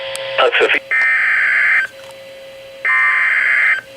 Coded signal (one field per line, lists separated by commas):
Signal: Emergency Alert System (SAME) tones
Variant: header bursts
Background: speech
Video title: EAS alerts (EAS #196-202)